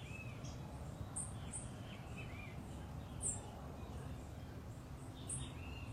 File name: BEIJA FLOR DE PEITO AZUL